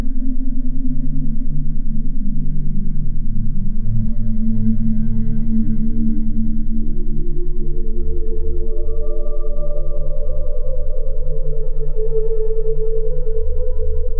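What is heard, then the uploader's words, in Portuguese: Low, steady tones layered in a continuous hum, with a rapid even pulsing running through the whole stretch. Around the middle the tones shift, a higher ringing band rising and settling while the low throb grows more pronounced. No other sounds intrude. Frequência 10Hz + 20 Hz.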